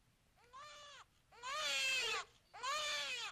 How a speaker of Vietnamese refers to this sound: Đương cơn cùng quẫn, họ nghe tiếng trẻ con khóc choe choé ở trong nhà ông Toàn thì ai nấy cả giận.